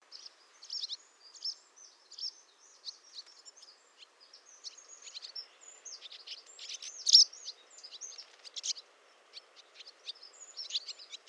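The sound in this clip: Swallow twittering, a fast run of short high chirps and warbled notes with brief pauses, one louder note near the middle, over a quiet background.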